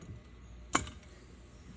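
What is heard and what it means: A metal tank key turns to open the valve on an oxygen cylinder with a regulator fitted onto it. A sharp click sounds at 0.8 s, followed by a fainter tick at 0.9 s, and then only quiet background. There is no gushing air leak, showing the regulator is on correctly.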